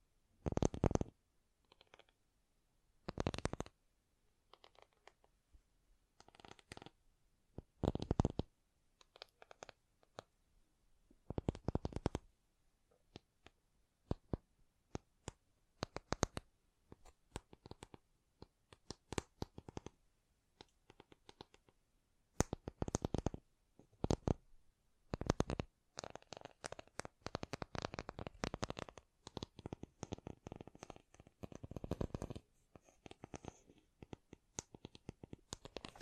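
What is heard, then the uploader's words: ASMR tapping sounds come in short, crisp bursts, separated by near-silent pauses early on. The taps start sparse and irregular, then grow denser and faster after about twenty seconds, with quick rattling runs and some soft scratching between strikes. ASMR Great Tapping Sounds for Sleep (No Talking).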